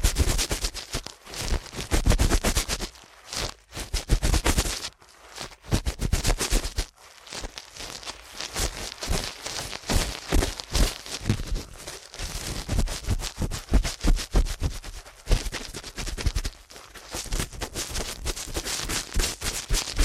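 Rapid ear cleaning fills the 20 seconds with dense, crackly scratching and rubbing strokes that come in fast, uneven bursts. The sound is bright and gritty, broken by brief quiet gaps near the 3, 5 and 7 second marks before the quick strokes resume steadily.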